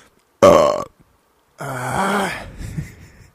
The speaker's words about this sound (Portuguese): Tá, foda-se, depois eu edito essa parte. Ou não, não vou editar também, vai, fica o meu arroto aí.